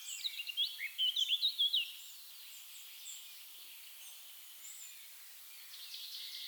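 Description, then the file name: Eurasian blackcap song: a quick, rich warbled phrase of varied twittering notes lasting under two seconds, followed by quiet with faint birds. "Sylvia atricapilla"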